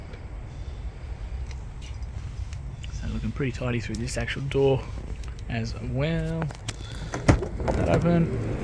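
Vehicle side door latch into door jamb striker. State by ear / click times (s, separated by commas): not seated / none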